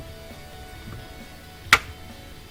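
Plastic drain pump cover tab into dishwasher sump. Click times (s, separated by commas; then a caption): 1.7 s. A plastic drain pump cover (check valve) is pushed down as far as it goes into the sump of a Bosch dishwasher with an E-25 won't-drain error, then its tab is pushed toward the front with two hands and clicked in with an index finger. After a quiet stretch, one sharp, bright click sounds at 1.7 s. The cover tab seats in place, and the click is confirmed as heard.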